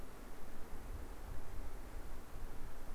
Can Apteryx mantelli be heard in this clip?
no